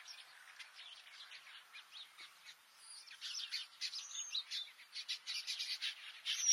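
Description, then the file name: Red-billed quelea chattering, a wash of quick squeaky chirps and buzzes with a few thin whistles, swelling in loudness toward the end. "Canto do quelea de bico vermelho"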